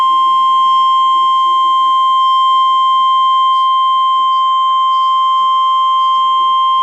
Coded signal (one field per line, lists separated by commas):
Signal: Emergency Alert System (SAME) tones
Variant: 1050 Hz attention tone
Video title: EAS Alert #325 (SVR)